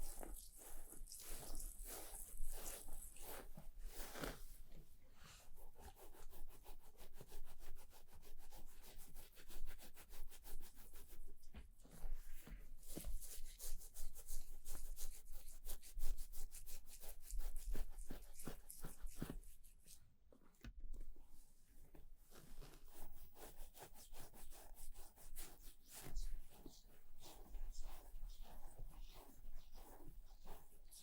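Haircut and shaving sounds: a dense, fast run of scraping, rubbing strokes continues almost without a break for the whole half minute. The strokes briefly drop away and thin out around twenty seconds, then resume. A low, steady hum sits underneath.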